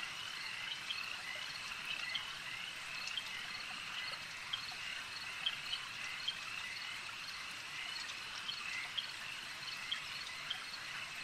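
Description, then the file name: Insect swarm sound: a continuous high-pitched drone of countless chirping callers, even in loudness throughout, with faint brief clicks scattered over it. Insect swarm ambience. "Elijah Wagner - Relaxing Insect Swarm Ambience"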